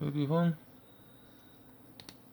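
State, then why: Seated. Someone talks briefly while a tight plastic body section of a transforming toy robot is pushed into place. After a quiet pause, a sharp double click is heard at 2.0 and 2.1 seconds as the part seats, only just clipping on.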